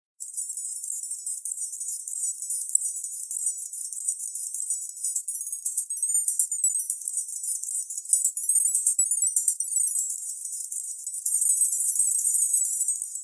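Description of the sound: High-pitched hiss centred around 8 kHz, spanning roughly 5 to 16 kHz, with a flickering, shimmering texture and no low sounds: a synthetic tinnitus masker, an 8k distractor sound used to cover ringing in the ears.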